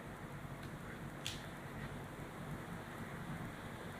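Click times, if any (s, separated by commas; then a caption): 1.3 s. A tourniquet cuff's hose connector is placed facing the connector on an MDE Electronic Tourniquet IT 2001 control unit and pressed together over a steady background hiss. A single sharp click sounds at 1.3 s as the connectors click home, and the cuff is connected.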